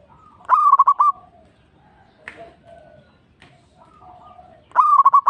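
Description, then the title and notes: Zebra dove song: two rapid stuttering coo phrases several seconds apart, separated by soft background notes and a couple of sharp clicks. Local (lokal) bird. "Kicau Perkutut Lokal 1. Kicau Burung Perkutut"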